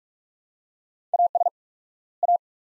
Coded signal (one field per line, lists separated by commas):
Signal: Morse code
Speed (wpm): 46 wpm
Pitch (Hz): 700 Hz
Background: none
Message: AS A